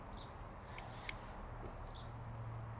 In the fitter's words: You hear a click. Yep, felt it.